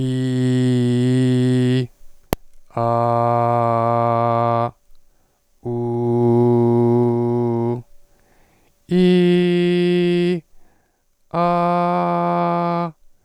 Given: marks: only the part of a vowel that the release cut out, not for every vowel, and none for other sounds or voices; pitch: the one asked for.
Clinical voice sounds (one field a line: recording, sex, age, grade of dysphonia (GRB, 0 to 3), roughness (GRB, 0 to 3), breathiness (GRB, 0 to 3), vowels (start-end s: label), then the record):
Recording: sustained vowels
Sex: male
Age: 30 to 39 years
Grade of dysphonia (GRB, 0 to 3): 0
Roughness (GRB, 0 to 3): 0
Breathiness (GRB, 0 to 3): 0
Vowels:
0.00-1.77 s: vowel /i/, normal pitch
2.88-4.56 s: vowel /a/, normal pitch
5.80-7.63 s: vowel /u/, normal pitch
9.01-10.31 s: vowel /i/, high pitch
11.39-12.83 s: vowel /a/, high pitch
From the record:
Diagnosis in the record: recurrent laryngeal nerve paralysis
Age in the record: 32 years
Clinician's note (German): Zustand nach Thyreoplastik nach Rec. par. links